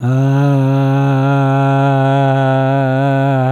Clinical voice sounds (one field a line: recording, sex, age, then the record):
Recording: sustained vowel /a/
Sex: male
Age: 70 to 79 years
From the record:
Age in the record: 78 years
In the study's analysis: included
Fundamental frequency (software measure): 136 Hz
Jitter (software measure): 0.23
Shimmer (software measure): 1.09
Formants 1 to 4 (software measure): 745 Hz, 1439 Hz, 2569 Hz, 3380 Hz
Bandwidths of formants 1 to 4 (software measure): 87 Hz, 110 Hz, 161 Hz, 255 Hz